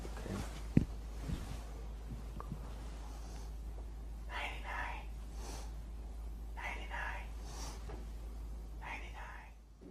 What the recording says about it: Whispered pectoriloquy is an exaggerated form of bronchophony. When there is consolidation of lung tissue, even a whispered sound may be louder and easily heard while listening with the stethoscope. when you feel my stethoscope on your back, I'd like you to whisper 99.